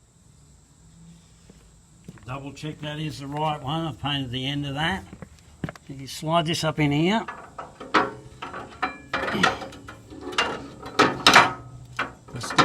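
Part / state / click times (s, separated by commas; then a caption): painted part sliding into its mount on a car chassis / seated / 11.3 s. Someone talks while a freshly painted part is slid up into its mount on a Honda S600 chassis and pushed home. A series of ratchet-like clicks follows, the loudest at 11.3 s, as the part locks into place.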